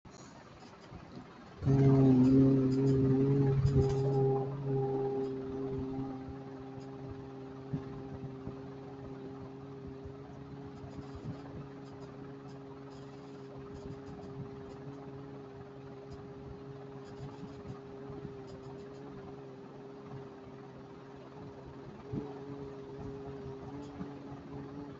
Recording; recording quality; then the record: sustained vowel as in boot; moderate, slight background noise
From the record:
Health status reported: healthy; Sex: male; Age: 25 years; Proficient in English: yes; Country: India